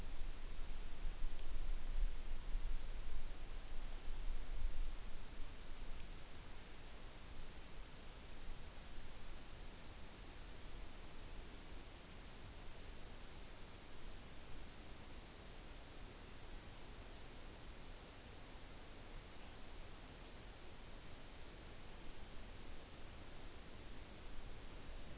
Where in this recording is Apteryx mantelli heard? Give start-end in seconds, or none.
none